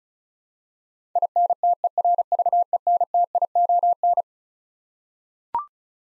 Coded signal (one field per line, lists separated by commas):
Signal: Morse code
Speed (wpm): 36 wpm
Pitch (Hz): 700 Hz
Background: none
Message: INTERVENTION